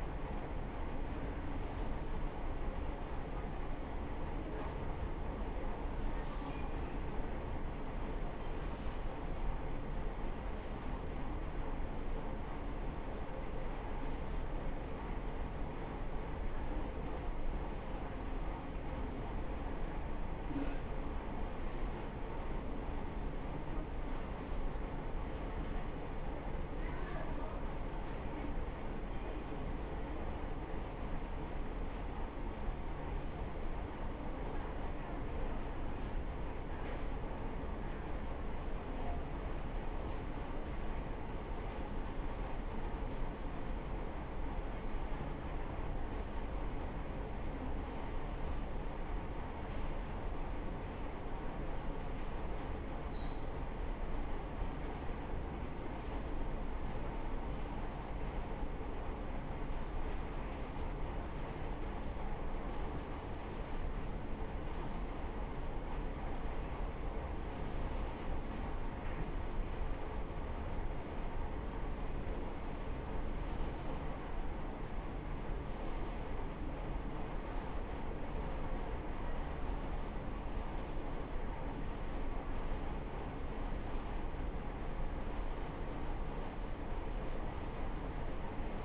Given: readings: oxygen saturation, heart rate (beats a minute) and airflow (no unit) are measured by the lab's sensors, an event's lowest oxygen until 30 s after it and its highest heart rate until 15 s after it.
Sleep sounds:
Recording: a person awake in a sleep study, by a smartphone at the bedside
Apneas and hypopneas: none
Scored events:
0.00-88.85 s: awake
0.00-88.85 s: awake
From the record:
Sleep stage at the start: awake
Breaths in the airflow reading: 34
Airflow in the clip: -0.7 to 0.8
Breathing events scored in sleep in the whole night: 328 in 6.3 hours asleep

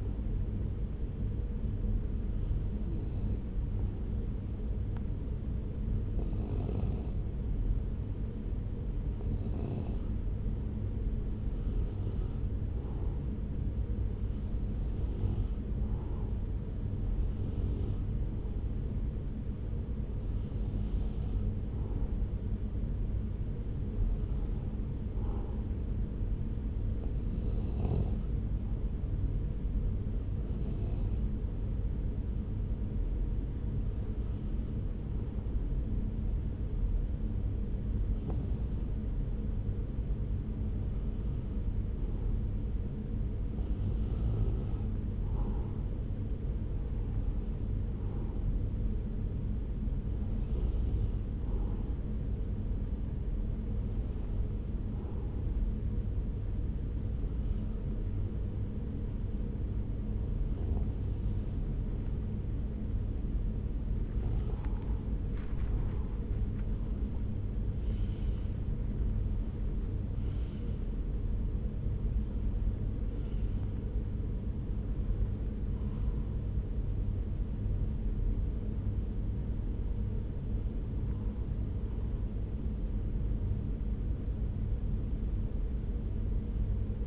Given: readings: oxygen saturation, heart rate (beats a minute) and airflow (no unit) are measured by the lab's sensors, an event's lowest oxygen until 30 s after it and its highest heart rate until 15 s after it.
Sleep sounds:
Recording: breathing in sleep by a smartphone at the bedside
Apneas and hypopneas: none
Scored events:
none scored
From the record:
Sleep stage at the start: N1 (lightest sleep)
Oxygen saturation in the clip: 92 to 94%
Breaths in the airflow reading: 27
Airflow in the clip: -4.8 to 4.4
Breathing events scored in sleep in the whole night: 335 in 6.7 hours asleep

